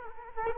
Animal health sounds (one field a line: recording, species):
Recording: mosquito wingbeat signal from an infrared sensor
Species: Culex quinquefasciatus